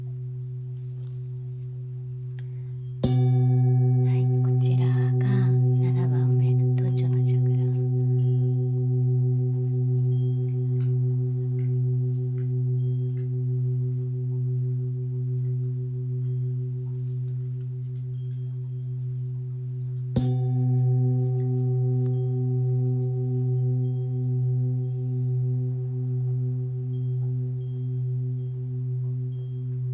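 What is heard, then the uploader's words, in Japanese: Large singing bowls ring in a sound healing session, their deep, steady hum sustained with slow wavering pulses and higher ringing tones above. Fresh strikes land at about 3 and 20 seconds, swelling the tone, with faint brief rustling after the first. 大きいボウル3つだけのサウンドヒーリングLive メキシコは朝です。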